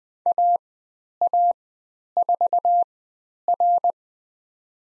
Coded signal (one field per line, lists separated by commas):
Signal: Morse code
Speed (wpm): 20 wpm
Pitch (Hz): 700 Hz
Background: none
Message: AA4R